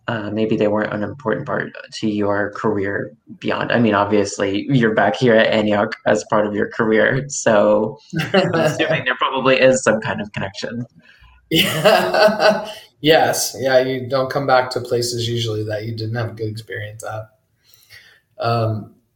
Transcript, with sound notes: maybe they weren't an important part to your career beyond--I mean, obviously you're back here at Antioch as part of your career so, I'm assuming there probably is some kind of connection. [Laughs]
Yeah. Yes. Yeah, you don't come back to places usually that you didn't have a good experience at.